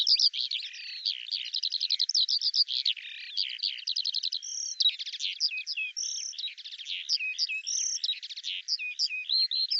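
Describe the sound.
Eurasian skylark pouring out an extended, fast song of rattling trills, buzzy chirps and clear whistled notes, varied and continuous for about ten seconds.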